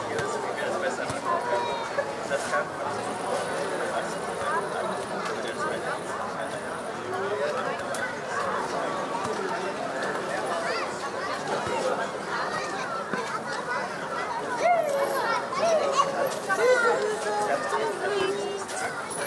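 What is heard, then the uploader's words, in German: A summer evening in a city, filled with a dense, steady murmur of many voices talking at once. Occasional brighter chirps stand out around the middle and toward the end, with a faint high whine early on. Berliner Abendämmerung. Tauche ein in einen glückseligen Sommerabend in Berlin mit dieser immersiven Hörreise. Entführt dich an einem Freitagabend zur "Stralauer Bucht".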